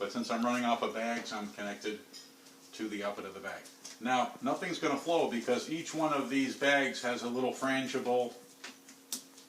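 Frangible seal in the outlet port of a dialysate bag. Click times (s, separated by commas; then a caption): 9.1 s. A person talks, then bends the outlet port of a dialysate bag to break the small internal frangible seal so the dialysate can flow. A sharp snap is heard at 9.1 seconds as the frangible seal breaks open.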